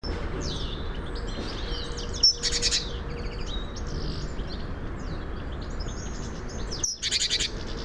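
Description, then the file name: Great tit calls: two bursts of a sharp high note followed by rapid buzzy churring, about five seconds apart, with faint twittering from other birds and steady background noise. "Parus major"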